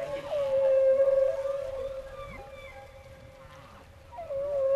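Whale producing a long, steady moaning tone with rich harmonics, broken by brief sliding upsweeps and downsweeps, then a second tone rising in near the end.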